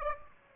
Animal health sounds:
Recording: mosquito wingbeat signal from an infrared sensor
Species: Aedes aegypti

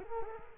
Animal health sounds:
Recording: mosquito wingbeat signal from an infrared sensor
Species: Culex quinquefasciatus

